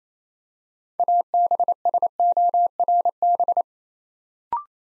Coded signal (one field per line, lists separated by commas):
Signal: Morse code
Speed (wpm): 27 wpm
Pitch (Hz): 700 Hz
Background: none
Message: ABSORB